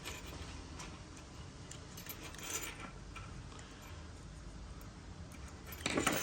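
The plastic battery cover of a 2020+ Porsche remote key fob is pressed shut into the fob housing, after several seconds of quiet handling with faint small ticks. Two sharp plastic clicks at 5.9 s and 6.1 s mark the cover snapping closed and seating.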